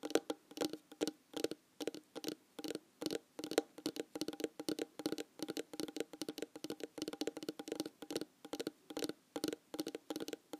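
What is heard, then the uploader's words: Objects, mostly plastic, are tapped at a steady medium pace, about three or four crisp clicks per second. Tapping various objects— mostly plastic, with one glass and one ceramic— at a medium speed.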